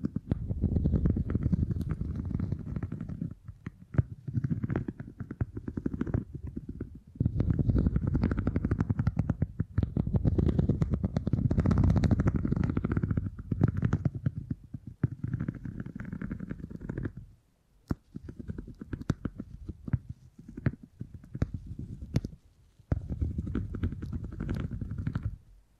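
Beeswax is kneaded and squished in dense, low, crackly bursts that stop and start, with brief silent pauses around 4, 7, 15, and 18 seconds.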